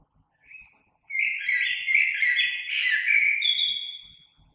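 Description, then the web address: Common blackbird giving a short soft note, then one long, rich fluting phrase that ends on a high, drawn-out whistle. Recorded 3 March 2020. "oiseaux Merle 2020 03 03"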